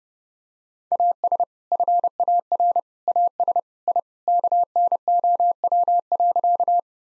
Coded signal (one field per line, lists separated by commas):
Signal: Morse code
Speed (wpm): 30 wpm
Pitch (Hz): 700 Hz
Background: none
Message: AS FAR AS I KNOW.